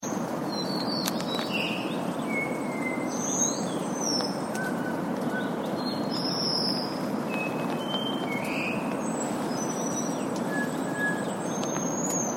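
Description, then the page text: Taiwan whistling thrush calls: thin, high whistled notes, some short and flat, some gliding, scattered irregularly throughout over a loud, steady rushing noise. "Голоса птиц - Тайваньская синяя птица (Myophonus insularis)"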